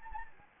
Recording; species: mosquito wingbeat signal from an infrared sensor; Anopheles gambiae